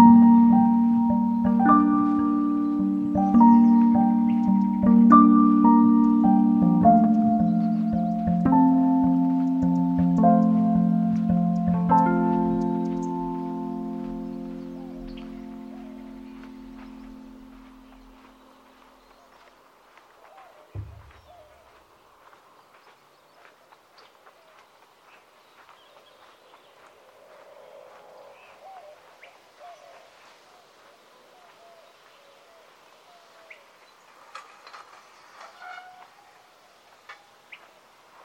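Along the Anza Trail by the Santa Cruz River, clear ringing tones are struck about once a second, overlapping and slowly dying away by around eighteen seconds. A low thump lands near twenty-one seconds, then near-quiet follows with sparse faint ticks and small chirps.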